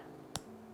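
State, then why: Seated. A metal press-stud snap on the outside of an armored riding shirt is pressed closed into its socket. It gives one sharp, bright click at 0.4 s over a low steady background. The snap seats shut with a clean, satisfying click.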